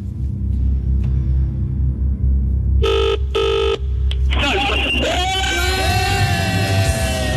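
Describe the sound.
A mobile phone being dialed rings in two short, bright electronic bursts over a steady low rumble, then loud shouting and cheering voices erupt and carry on to the end.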